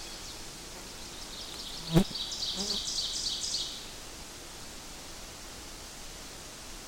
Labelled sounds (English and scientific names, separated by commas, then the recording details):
Ovenbird (Seiurus aurocapilla) song
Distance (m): 35 m
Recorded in boreal forest in Alberta, Canada, on 8 June 2016 at 06:28
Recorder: SongMeter 3, array SBT-3-9
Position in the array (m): 50 m, 107 m
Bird 33